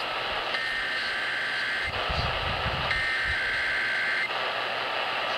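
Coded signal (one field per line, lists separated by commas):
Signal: Emergency Alert System (SAME) tones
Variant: header bursts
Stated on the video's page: Required Weekly Test EAS alert from KSL.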